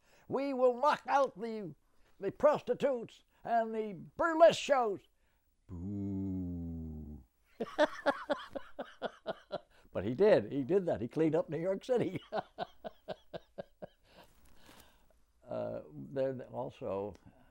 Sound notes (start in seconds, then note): 7.6 laughs; 12.4 laughs